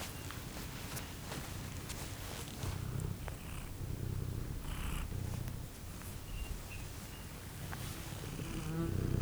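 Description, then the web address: Cat purring, a low rough rumble pulsing about four times a second, with faint rustling and a few brief higher sounds over it. Farmyard cat purring and meowing, with a fly present, at Görestanya farmstead. "allathangok parasztudvar macska doromboloesnyavogomacska leggyel gorestanya"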